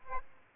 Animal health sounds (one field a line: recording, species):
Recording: mosquito wingbeat signal from an infrared sensor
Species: Aedes albopictus